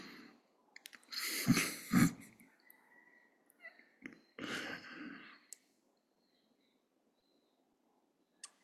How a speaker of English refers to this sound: If it helps to turn off your camera, you can, but I promise I won't. I won't look at when you're yawning.